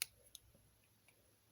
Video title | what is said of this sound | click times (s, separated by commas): review of the fire chi craggier bootleg set from AliExpress | it's one like squish it in it kind of locks in place | 0.0 s